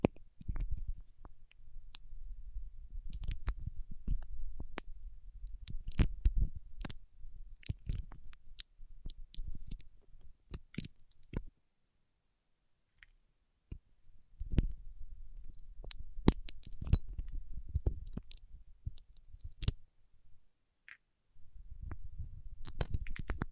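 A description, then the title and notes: Fingertips press and pull on wax, making a dense run of sharp, sticky clicks and crackles over a soft low rumble. The activity comes in bursts, with near-silent pauses around 12 to 14 seconds and again near 21 seconds before resuming. ASMR with Wax Fingertips for Sleep (No Talking).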